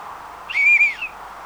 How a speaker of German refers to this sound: Hey, Hilfe! Ist hier niemand? Vielleicht hört mich jemand, wenn ich pfeife.